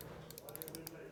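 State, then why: Torque reached. The ratchet thimble of a micrometer screw gauge is turned until the spindle closes on a steel roller against the anvil. A run of small, sharp ratchet clicks sounds at 0.6, 0.6, 0.7, 0.8 and 0.9 seconds. The clicking shows that the required torque has been reached.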